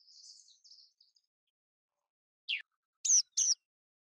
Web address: Pied wheatear. صدای-چكچک-ابلق